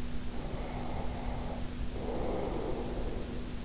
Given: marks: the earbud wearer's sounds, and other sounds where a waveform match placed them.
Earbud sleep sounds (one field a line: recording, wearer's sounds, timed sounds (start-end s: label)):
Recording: sounds in sleep by an in-ear microphone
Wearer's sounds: breath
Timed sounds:
0.29-3.56 s: breath